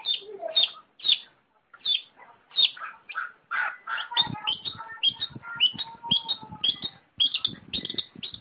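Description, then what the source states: Long-tailed shrike song: crisp high chirps repeated many times, interwoven with softer warbled and lower whistled notes. Combination song (kombinasi) style.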